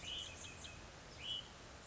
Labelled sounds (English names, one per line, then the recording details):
Hutton's Vireo
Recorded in Sonoma County, California